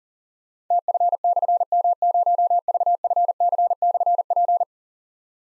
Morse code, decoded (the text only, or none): TF/M0VFC/P